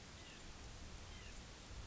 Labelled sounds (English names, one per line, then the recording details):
White-breasted Nuthatch
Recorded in Sonoma County, California